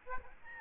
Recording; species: mosquito wingbeat signal from an infrared sensor; Aedes albopictus